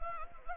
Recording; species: mosquito wingbeat signal from an infrared sensor; Anopheles gambiae